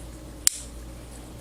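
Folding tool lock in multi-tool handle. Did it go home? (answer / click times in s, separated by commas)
yes / 0.5 s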